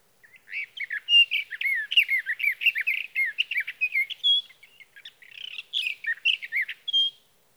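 Sage thrasher song, an extended rambling warble of quick varied notes, whistled and scratchy, with a brief pause before the torrent resumes and ends on a clear note.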